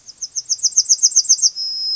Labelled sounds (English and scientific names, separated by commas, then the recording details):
Yellowhammer (Emberiza citrinella) song
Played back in grassland
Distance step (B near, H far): B
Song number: 018